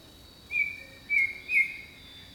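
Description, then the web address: Bird song: three whistled notes over a persistent high insect hum and faint low tone. Jungle setting. "Echoes of Nature - Jungle Talk 01 Jungle Birdsong"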